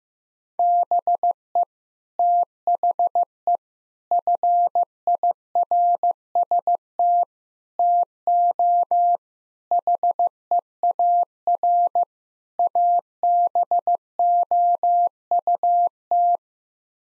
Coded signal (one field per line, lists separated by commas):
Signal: Morse code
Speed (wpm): 16 wpm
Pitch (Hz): 700 Hz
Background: none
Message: BE THE FIRST TO HEAR ABOUT